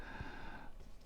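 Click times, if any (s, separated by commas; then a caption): none. The folding clasp on a fake metal watch bracelet is closed, but it has not clicked and nothing is heard seating. Only a low, steady hum and faint rustling fill the clip.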